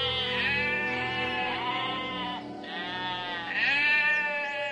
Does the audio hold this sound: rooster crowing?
no